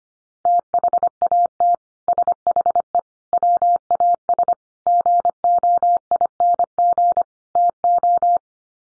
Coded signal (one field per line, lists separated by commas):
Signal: Morse code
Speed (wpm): 25 wpm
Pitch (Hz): 700 Hz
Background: none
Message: THAT SHE WAS GOING TO